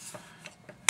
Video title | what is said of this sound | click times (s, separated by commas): 24 7 pro review | the pin goes right back in. You'll hear it snap into place, | 0.9 s